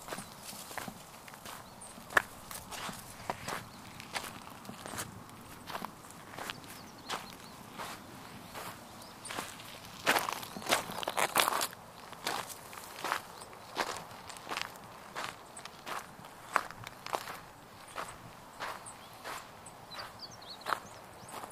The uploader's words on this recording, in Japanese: In the morning, I push through the grass and walk along the river.